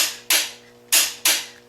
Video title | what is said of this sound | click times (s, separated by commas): 2001 - 2005 Honda Civic Acura EL Timing Belt Replacement | click at least five times to ensure that things are tightened down properly | 0.3 s, 1.3 s